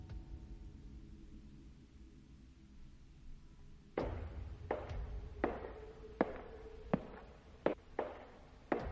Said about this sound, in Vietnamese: Tiếng bước chân càng lúc càng gần.